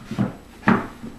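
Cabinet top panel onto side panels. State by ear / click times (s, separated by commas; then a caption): seated / 0.7 s. A cabinet top panel with grooves that fit over the side panels is pressed down onto the sides. A softer knock comes around 0.2 s, then one sharp click at 0.7 s as the top seats onto the sides.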